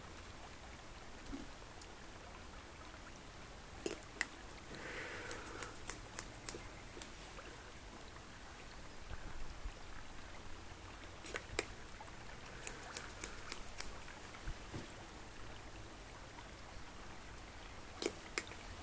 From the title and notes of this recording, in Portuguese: Sons de chuva, movimento pinça. Movimentos devagares de pinça. E SOM DE CHUVA de fundo!